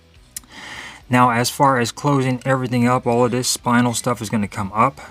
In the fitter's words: just like so they will click into place